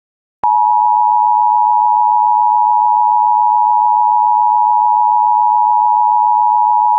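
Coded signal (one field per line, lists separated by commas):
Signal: Emergency Alert System (SAME) tones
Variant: 853 and 960 Hz attention tone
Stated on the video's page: Joke mock EAS scenario with simulated alert tones for a fictional watch.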